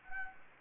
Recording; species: mosquito wingbeat signal from an infrared sensor; Anopheles gambiae